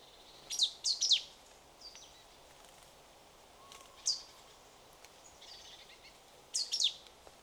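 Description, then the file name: Marsh tit calls: sharp high descending note clusters at the start and end, one lone note in between, with faint soft chirps and steady hiss behind. "Poecile palustris"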